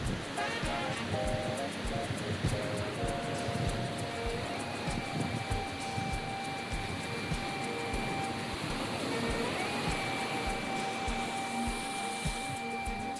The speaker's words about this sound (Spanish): Preparen sus trajes especiales y sus escafandras, sus submarinos, sus botes y sus batiscafos, porque vamos a sumergirnos en los sonidos del mar argentino.